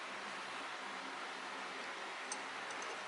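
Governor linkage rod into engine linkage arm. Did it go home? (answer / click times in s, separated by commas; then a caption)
no / none. While refitting the carburetor on a Briggs and Stratton walk-behind mower engine, the end of the metal governor linkage rod and its spring are handled toward their hole in the engine linkage arm. A steady broadband hiss fills the clip, with a faint, brief high tick near 2.3 s and a few faint ones later. Nothing has seated or clicked into place yet.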